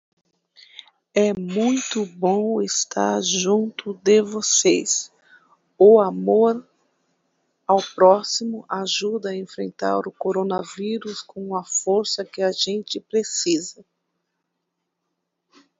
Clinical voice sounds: spoken sentence; Brazilian Portuguese; female; 50 to 59 years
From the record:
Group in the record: control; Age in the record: 53 years

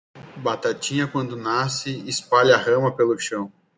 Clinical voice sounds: short text; Brazilian Portuguese; male; 30 to 39 years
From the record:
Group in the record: control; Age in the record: 34 years

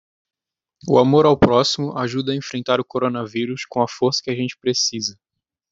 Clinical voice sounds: spoken sentence; Brazilian Portuguese; male; 20 to 29 years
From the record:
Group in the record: control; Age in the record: 20 years

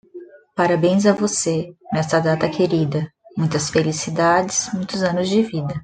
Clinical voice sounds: short text; Brazilian Portuguese; female; 40 to 49 years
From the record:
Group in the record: control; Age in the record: 40 years

